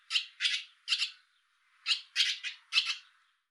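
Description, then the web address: Barn swallow calls: harsh, squeaky chirps in two quick bursts separated by a short pause. "cianscape birddata Deverinetal 2025"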